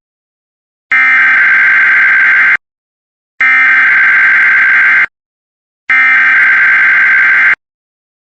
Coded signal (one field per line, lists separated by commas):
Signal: Emergency Alert System (SAME) tones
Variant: header bursts